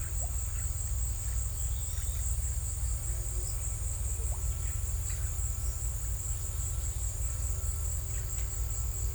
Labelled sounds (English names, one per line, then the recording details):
none
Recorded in secondary vegetation near Puerto Asís, Putumayo, Colombia, on 26 December 2024 at 16:00
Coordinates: 0.499, -76.323
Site G010